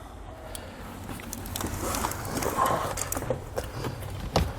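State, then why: Seated. A Redarc Tow-Pro Liberty brake controller pigtail is pushed into the custom vehicle wiring harness connector behind the dash of a 2018 Toyota 4Runner. There are faint rustling and handling sounds with a few small knocks. The connector clicks in at 4.4 s, locking it nice and secure.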